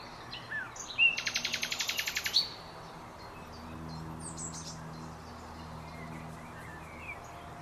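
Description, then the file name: Common nightingale song: a loud rapid rattle of about a dozen identical notes, then quiet with faint chirps and background hum. "Luscinia megarhynchos"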